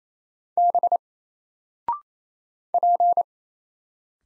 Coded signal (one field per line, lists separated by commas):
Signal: Morse code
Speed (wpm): 27 wpm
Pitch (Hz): 700 Hz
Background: none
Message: B P